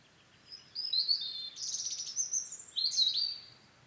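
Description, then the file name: European robin song: a rapid, thin, high-pitched warbling phrase with shimmering trills and squeaky slurs, over steady soft background hiss. "Erithacus rubecula"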